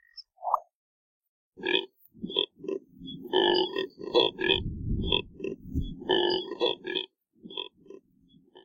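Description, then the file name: Neotropic cormorant producing deep rasping grunts, some drawn out and running together into a rough continuous stretch. "canto do bigua"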